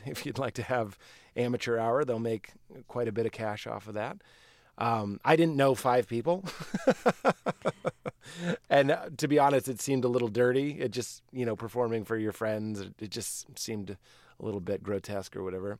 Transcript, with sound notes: If you'd like to have amateur hour, they'll make quite a bit of cash off of that.
I didn't know five people. (Laughter) And to be honest, it seemed a little dirty. It just, you know, performing for your friends - it just seemed a little bit grotesque or whatever.